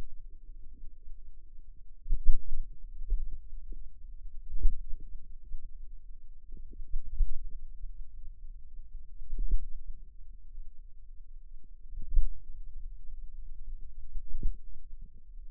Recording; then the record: forearm muscle sounds (acoustic myography)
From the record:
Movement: pen grasping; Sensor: system 2, bracelet of six BSWA MPA416 microphones around the upper forearm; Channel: 1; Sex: female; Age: 22 years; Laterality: right